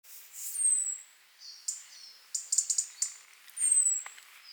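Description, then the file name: European robin gives high thin descending whistles and a quick series of clicking ticks. "Erithacus rubecula"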